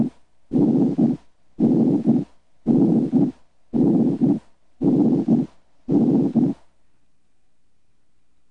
Normal breath sounds. In a patient with a pneumothorax in the left lateral lung field, normal breath sounds are heard on the contralateral side over healthy lung tissue.